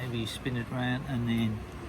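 Someone talks while handling a plastic wheel for the gear motor shaft of a toy robot smart car kit, turning it so its hub lines up with the rectangular motor shaft before pushing it on. Only speech is heard over a faint steady background hum. Nothing has seated or clicked yet.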